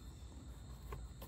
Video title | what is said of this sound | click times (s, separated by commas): How to Replace Mass Airflow Sensor Ford F-150 | push that in you're going to hear it click just | 0.9 s